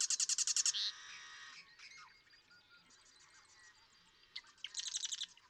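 Marsh Wren song: a fast, even trill of sharp notes ending in a buzz, a quieter stretch of soft notes, then another rapid rattle.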